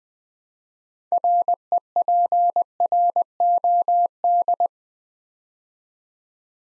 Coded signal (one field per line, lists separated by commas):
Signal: Morse code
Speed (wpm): 20 wpm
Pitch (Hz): 700 Hz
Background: none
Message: REPROD